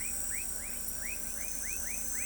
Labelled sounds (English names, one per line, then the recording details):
none
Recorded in pastures near Pivijay, Magdalena, Colombia, on 5 June 2023 at 20:00
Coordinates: 10.456, -74.369
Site P6-G026